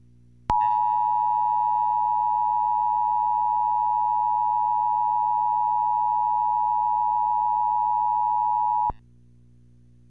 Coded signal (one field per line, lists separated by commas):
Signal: Emergency Alert System (SAME) tones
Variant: 853 and 960 Hz attention tone